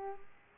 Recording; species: mosquito wingbeat signal from an infrared sensor; Aedes aegypti